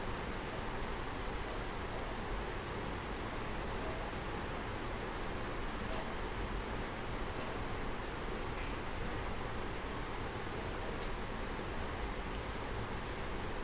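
Rain falls in a steady, dense hiss that fills everything from low rumble to bright top and holds at an even level for the whole stretch. A few sharp ticks of drops stand out, around six, seven and eleven seconds.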